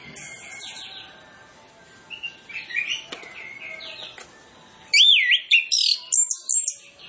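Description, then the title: Orange-headed Thrush song, quiet scratchy warbling that gives way to loud looping whistles and sharp, rapid chirped notes in quick succession. Lure recording played to prompt birds of the species to sing in full. "Masteran Anis Kembang Full Isian Untuk Suara Pancingan Anis Kembang Agar Cepat Ngeplong"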